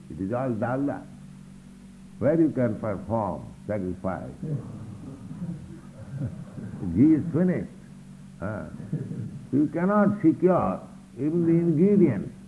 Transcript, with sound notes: It is all dalda. Where you can perform sacrifice? [laughter] Ghee is finished. You cannot secure even the ingredients.